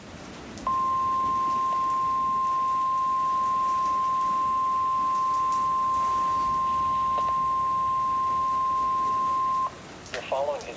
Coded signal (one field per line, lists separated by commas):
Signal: Emergency Alert System (SAME) tones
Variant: 1050 Hz attention tone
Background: speech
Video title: EAS Alerts + Severe Weather Event From 4/30/22.